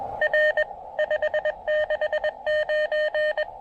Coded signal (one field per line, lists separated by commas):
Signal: Morse code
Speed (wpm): 21 wpm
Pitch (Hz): 590 Hz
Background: none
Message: R 569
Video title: Portable POTA QRP DXing: Pairing the TufteIn Random Wire and Elecraft KX2 at Parc Cartier Roberval